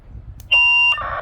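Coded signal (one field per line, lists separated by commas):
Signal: roger beep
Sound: a short high beep of about 0.4 seconds, then a brief rush of hiss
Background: radio squelch noise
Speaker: อันนี้เซตค่าที่1ก่อนนะครับอ่ะทีนี้ก็ววออกนะครับนี่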